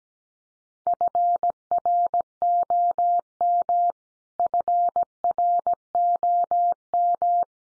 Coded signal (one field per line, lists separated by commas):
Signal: Morse code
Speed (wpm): 17 wpm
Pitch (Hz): 700 Hz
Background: none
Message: FROM FROM